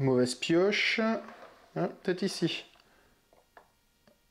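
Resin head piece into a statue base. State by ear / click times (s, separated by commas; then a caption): seated / 3.6 s. Someone talks, then a resin robot-head piece is placed into another spot on a statue base after a wrong first try, with faint handling sounds. A short click at 3.6 s marks the head piece seating in its socket, and it fits perfectly.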